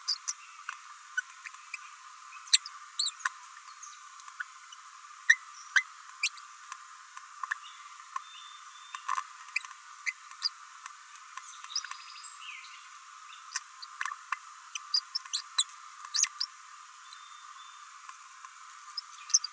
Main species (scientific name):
Forpus passerinus